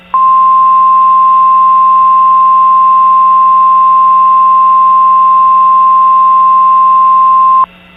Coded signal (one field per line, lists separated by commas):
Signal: Emergency Alert System (SAME) tones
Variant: 1050 Hz attention tone